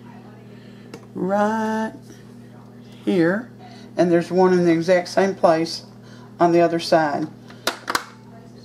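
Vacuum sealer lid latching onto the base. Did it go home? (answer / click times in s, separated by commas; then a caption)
yes / 8.0 s. Someone talks while pushing down the plastic lid of a Cosori vacuum sealer on both sides, where the little hand markings are, so it latches onto the base. A few sharp clicks sound near the end, and the side latches click shut at about 8.0 s, seating the lid closed.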